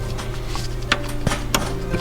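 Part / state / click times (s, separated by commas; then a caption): ignition wire connector onto coil pack / seated / 0.9 s, 1.5 s. The first ignition wire harness connector is pushed onto a coil pack on the driver's side of the V8 engine in a 2013 Escalade, during cylinder 7 coil pack and wire harness replacement to troubleshoot a misfire. Over a steady low hum, sharp clicks ring out at 0.9 s and 1.6 s, with a duller knock between them. The connector seats with an audible click, confirmed.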